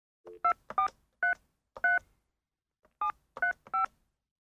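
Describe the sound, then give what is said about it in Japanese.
A series of short telephone keypad tones, each a steady two-pitch beep, sounding in two quick runs separated by a pause of about a second, as a person makes a phone call. No one speaks. “電話をしています。”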